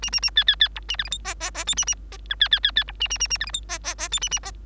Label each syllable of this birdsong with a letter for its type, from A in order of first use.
A A A B B B C A D E F G G G H A A G I B B B B C A A A A D E F G G G H A A G